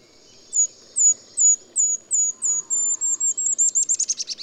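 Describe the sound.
Golden-crowned kinglet song: a string of very high, thin notes that quicken and end in a rapid, tumbling chatter of descending notes.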